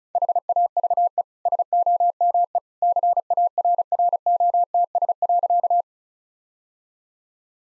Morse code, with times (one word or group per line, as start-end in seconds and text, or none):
0.1-1.2 HAVE
1.5-2.6 SOME
2.8-5.8 CARROTS.